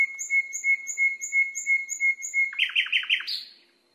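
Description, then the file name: Nightingale song: a clear whistled note repeated rapidly and evenly for over two seconds, then a short burst of quick buzzy falling notes. Masteran recording, made for training cage birds to sing. "suara masteran nightingale"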